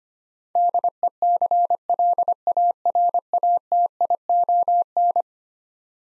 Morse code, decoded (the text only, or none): DECLARATION